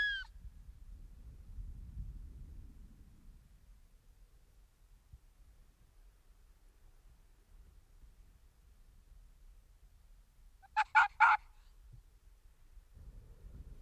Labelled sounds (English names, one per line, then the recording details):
Arctic Fox barking
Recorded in the wild
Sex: male
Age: adult
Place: Insel Mednyi, Kommandeur-Inseln, RU
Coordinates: 54.5167, 168.083
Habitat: tundra
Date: 1999-06-24 13:49
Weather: fog, sight around 10 m, ca. 5°C, weak winds
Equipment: Sony TCD-D8, Sennheiser MKH 70, Windkorb
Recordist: Frommolt, Karl-Heinz
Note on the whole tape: Bereich Pereshejek, Nordrand des Reviers um Höhle 2: 3 Bellstrophen von Polarfuchsrüde (Alopex lagopus) rechts Gelb/Weiß 5 (geb. 1997), nachdem 3 Personen das Territorium von Süd nach Nord durchquert hatten. Das Tier lag an der Höhle und ist vor Beobachtern davongelaufen. Die ersten 5 Bellstrophen wurden nicht aufgezeichnet. Entfernung 20 m. Zwischen Tier und Mikrofon waren keine Hindernisse. Tier hat oberhalb von Felsen in Richtung Beobachter gebellt